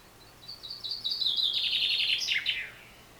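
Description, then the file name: Common chaffinch song: a high, fast trill that steps down in pitch and speeds into an emphatic terminal flourish, lasting about two seconds over a quiet background. "Fringilla coelebs"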